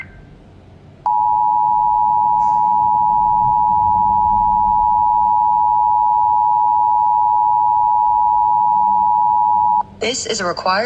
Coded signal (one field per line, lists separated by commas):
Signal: Emergency Alert System (SAME) tones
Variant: 853 and 960 Hz attention tone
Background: speech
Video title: Weekly Tests and Monthly of May 2026 (New EAS 1,028-1,035)